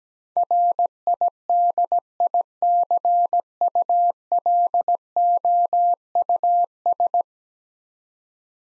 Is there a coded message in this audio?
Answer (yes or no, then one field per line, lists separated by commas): yes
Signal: Morse code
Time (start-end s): 0.4-7.2 s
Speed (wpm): 17 wpm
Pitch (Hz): 700 Hz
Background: none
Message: RIDICULOUS